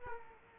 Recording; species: mosquito wingbeat signal from an infrared sensor; Culex quinquefasciatus